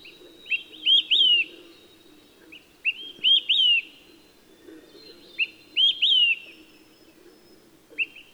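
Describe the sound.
Olive-sided flycatcher singing its whistled three-note phrase, a quick pip then two emphatic downslurred notes, given three times about every 2.5 seconds over soft background birds.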